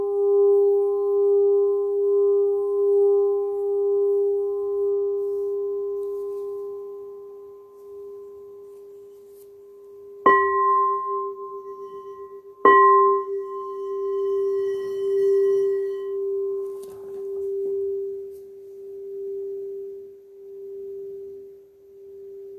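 A singing bowl rings with a steady, pure tone that pulses slowly in a gentle wobble. Around ten seconds it is struck again, then once more near thirteen seconds, each strike adding a bright metallic ring above the hum that fades over a few seconds.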